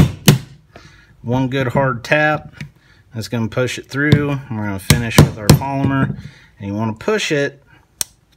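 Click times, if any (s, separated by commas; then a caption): 8.0 s. Someone talks while a polymer part is pushed into a pistol frame, with a sharp tap near 0.3 s. At 8.0 s a short, crisp click is heard as the part seats, locking onto the spring and the locking block that locks out the magazine during disassembly.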